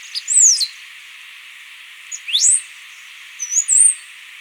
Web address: Natures Songs S America Birds of Ecuador - Stripe-Headed Brush-Finch